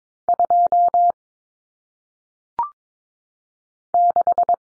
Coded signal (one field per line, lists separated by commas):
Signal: Morse code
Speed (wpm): 22 wpm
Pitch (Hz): 700 Hz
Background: none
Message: 2 6